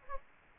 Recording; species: mosquito wingbeat signal from an infrared sensor; Aedes aegypti